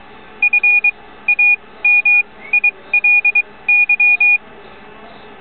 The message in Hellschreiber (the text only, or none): none